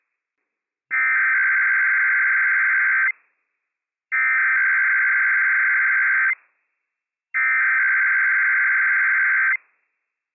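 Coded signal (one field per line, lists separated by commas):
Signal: Emergency Alert System (SAME) tones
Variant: header bursts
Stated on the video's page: Required weekly tests relayed on WWF56 weather radio, from county sheriff, civil authorities and Idaho state communications center.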